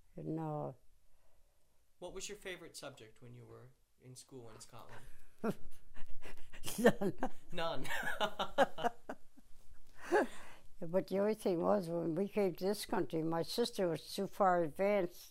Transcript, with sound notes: and —
What was your favorite subject when you were in school in Scotland?
[Laughs] None.
None. [Laughs]
But the only thing was, when we came to this country, my sister was so far advanced